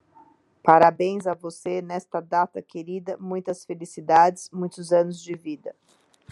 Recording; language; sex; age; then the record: short text; Brazilian Portuguese; female; 50 to 59 years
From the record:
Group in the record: control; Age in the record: 52 years